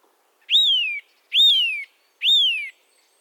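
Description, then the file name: Eurasian nuthatch calling with three clear, ringing whistles that rise quickly and fall away, evenly repeated about once a second. "Sitta europaea"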